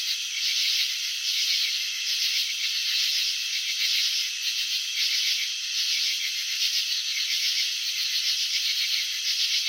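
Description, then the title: Cricket giving a pulsing, rattling high drone with faint swells in loudness. Cricket chirping, presented in a slow-motion video showing wing vibrations and antenna movements. "Crickets in Slow Motion 📷. Capturing the Elegance of Chirping"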